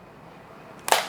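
After the receipt paper roll is swapped, the plastic printer cover of a wireless card payment terminal is pressed shut at its middle. It closes with a sharp snap at 0.9 s over a quiet background, and a smaller sound follows at 1.2 s. The cover is seated.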